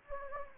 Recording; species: mosquito wingbeat signal from an infrared sensor; Anopheles gambiae